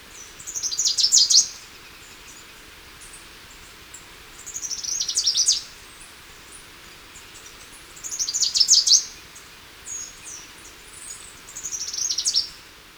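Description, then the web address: Citrine warbler song: short high trilled bursts with a buzzy, rapid texture, given every three to four seconds, four main phrases plus some faint softer notes, with background hiss. Recorded in Ecuador. "Natures Songs S America Birds of Ecuador. Citrine Warbler"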